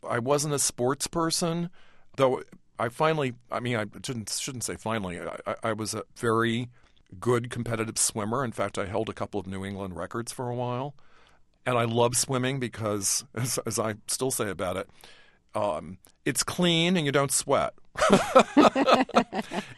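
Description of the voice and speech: Adult male speech with repeated 'I' starts, glottal catches, restarts and drawn-out sounds, consistent with mild residual stuttering, the remainder of a very debilitating stutter from boyhood.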